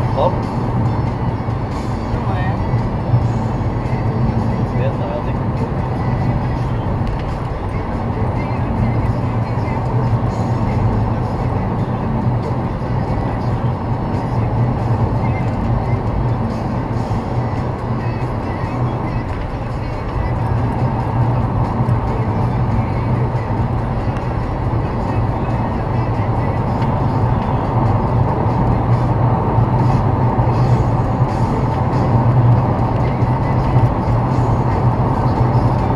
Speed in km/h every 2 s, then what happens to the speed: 78, 80, 82, 86, 86, 84, 86, 87, 89, 90, 92, 94, 98, 102, 103, 104, 104, 104.
0-6 speeds up to 86. 6-19 steady at about 86. 19-27 speeds up to 103. 27-36 steady at about 104.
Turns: none.